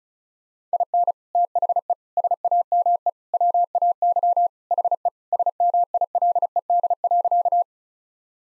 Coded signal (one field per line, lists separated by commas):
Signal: Morse code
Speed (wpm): 34 wpm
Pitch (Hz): 700 Hz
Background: none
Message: IN THE SAME WAY HE SMILED.